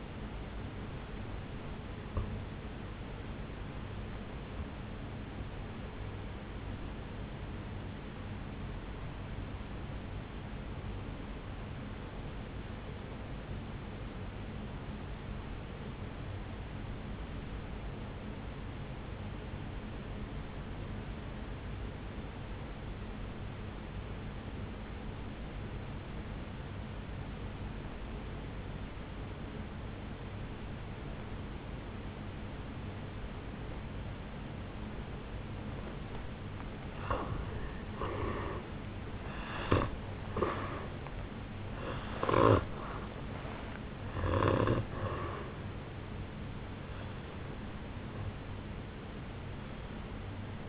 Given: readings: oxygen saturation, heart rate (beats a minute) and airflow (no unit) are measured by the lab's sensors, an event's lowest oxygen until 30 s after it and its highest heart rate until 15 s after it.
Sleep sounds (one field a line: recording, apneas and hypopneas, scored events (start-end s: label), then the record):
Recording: breathing in sleep by a voice recorder at the bedside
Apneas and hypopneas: 1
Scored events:
11.00-37.20 s: obstructive apnea (N2, oxygen 96% highest, then 83% lowest, heart rate 55 at the start, 75 highest)
36.00-50.69 s: new sleep stage, N1 (lightest sleep)
From the record:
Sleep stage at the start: N2 (light sleep)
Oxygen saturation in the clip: 83 to 96%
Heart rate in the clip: 53 to 75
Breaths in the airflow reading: 5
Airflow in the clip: -11.7 to 10.3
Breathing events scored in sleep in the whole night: 449 in 7.0 hours asleep